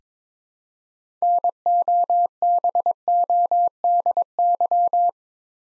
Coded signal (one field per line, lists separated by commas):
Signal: Morse code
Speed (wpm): 22 wpm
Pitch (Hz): 700 Hz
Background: none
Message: NOBODY